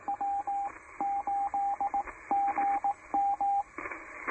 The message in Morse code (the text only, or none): W8GM